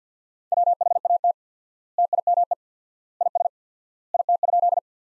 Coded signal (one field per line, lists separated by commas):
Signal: Morse code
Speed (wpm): 50 wpm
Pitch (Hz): 700 Hz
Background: none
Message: WHAT TIME IS IT?